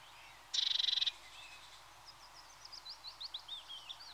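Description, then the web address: Eurasian blue tit giving a single short, harsh pulsed churr, then a run of thin high chirps and twitters from birds. "The BBC Sound Effects Library. Blue TIT (Parus Caeruleus)"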